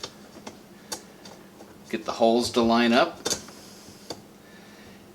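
A plastic rack stop or clip is turned sideways and its holes are lined up on a dishwasher rack before it is pulled back to snap it on, giving light ticking handling sounds around 0.0, 0.5, 0.9, 1.3 and 4.1 seconds. Someone talks in the middle of the clip. Nothing has snapped into place yet.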